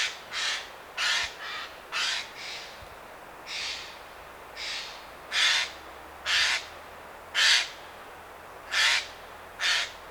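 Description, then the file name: Eurasian jay uttering rough, scratchy screeches roughly once a second, uneven in spacing and loudness, against quiet background hiss. "Garrulus glandarius"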